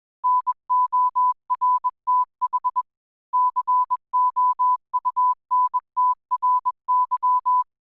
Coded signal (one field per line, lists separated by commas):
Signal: Morse code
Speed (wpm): 21 wpm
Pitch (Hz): 1000 Hz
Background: none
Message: NORTH COUNTRY